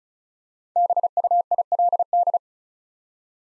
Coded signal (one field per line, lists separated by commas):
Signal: Morse code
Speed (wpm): 36 wpm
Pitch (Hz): 700 Hz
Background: none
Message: BUILD